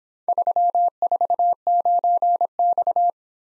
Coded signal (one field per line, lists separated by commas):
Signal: Morse code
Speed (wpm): 23 wpm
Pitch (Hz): 700 Hz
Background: none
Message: 349X